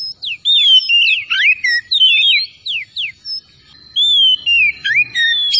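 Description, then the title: Oriental magpie-robin with energetic whistled song, mixing falling slurs and quick notes, then drawn-out gliding whistles. Singing vigorously (gacor). "Kacer Tretes"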